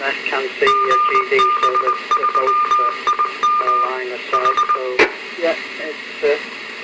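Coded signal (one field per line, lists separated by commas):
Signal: Morse code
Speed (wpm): 21 wpm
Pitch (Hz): 1210 Hz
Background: speech, radio noise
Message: GB3IM H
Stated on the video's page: Morse idents of two Isle of Man repeaters, 2 metres versus 70 centimetres, received on a Diamond V2000 antenna.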